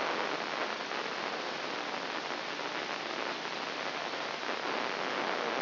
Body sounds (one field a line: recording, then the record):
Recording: brain microelectrode recording played as sound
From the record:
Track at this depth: inside the subthalamic nucleus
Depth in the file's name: 3.508 mm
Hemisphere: left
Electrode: 2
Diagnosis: Parkinson's disease